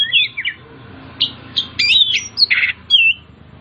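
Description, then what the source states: Oriental magpie-robin song: loud whistled phrases, slurred notes and a buzzy burst, delivered in short bursts over a faint low hum. Kacer Tretes type, singing persistently and vigorously (gacor).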